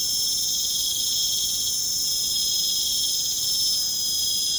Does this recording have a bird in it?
no